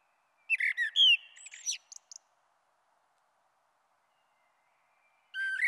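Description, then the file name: Common blackbird song: a fluty warbled phrase of low whistles ending in thin, high twittering notes, then a pause before another phrase begins. "Merle Noir"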